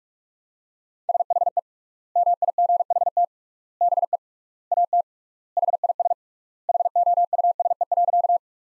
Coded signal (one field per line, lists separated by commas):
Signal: Morse code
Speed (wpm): 46 wpm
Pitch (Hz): 700 Hz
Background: none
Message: SHE MIGHT BE AT HIS HOUSE.